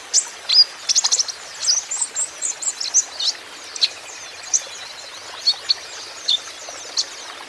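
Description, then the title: Van Hasselt's sunbird song, a quick burst of bright high twitters at the start, easing into spaced single chirps. Young green-plumaged (ijoan) konin singing constantly (gacor), used as lure and therapy for untrained caged konin so they answer back. "KOLIBRI NINJA KONIN IJOAN GACOR COCOK UNTUK PANCINGAN TERAPI KONIN BAHAN PASTI NYAUT"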